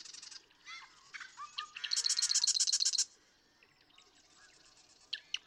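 Marsh Wren song: the tail of a buzzy trill, then gurgling, squeaky notes, then a fast, pulsing, rattling trill of about a second, followed by soft scattered notes.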